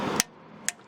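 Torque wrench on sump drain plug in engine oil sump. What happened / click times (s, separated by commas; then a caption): Torque wrench clicks at its set torque on the drain plug / 0.7 s. A click-type torque wrench is turned gently on the oil sump drain plug of a Renault Megane Coupe engine, fitted with a new washer. Broadband noise fades after a brief transient at 0.2 s, and the wrench gives a sharp click at 0.7 s, confirming the plug is tightened to torque.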